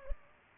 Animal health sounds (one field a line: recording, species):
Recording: mosquito wingbeat signal from an infrared sensor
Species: Culex pipiens